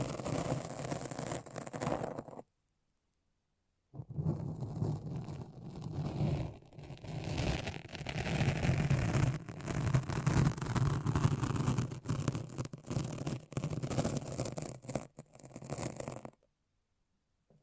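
A foamy, sticky brain massage: dense, wet rubbing and squishing that churns on steadily with a low rumbling body and crisp, fizzy edges. It plays from the start to about two seconds, drops to silence until four, then runs continuously until near sixteen seconds.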